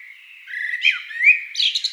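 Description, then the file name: Eurasian blackbird song: a level mellow whistle with a couple of slurred inflections, closing with a squeaky high chatter. "amsel"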